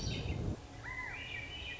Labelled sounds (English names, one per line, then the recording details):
Swainson's Thrush
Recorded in Sonoma County, California